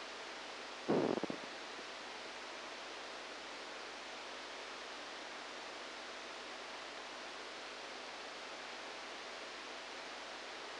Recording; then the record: brain microelectrode recording played as sound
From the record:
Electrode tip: outside the subthalamic nucleus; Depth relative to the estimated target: -2 mm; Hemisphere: left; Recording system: NeuroSet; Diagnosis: Parkinson's disease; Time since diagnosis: 10 years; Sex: male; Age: 63 years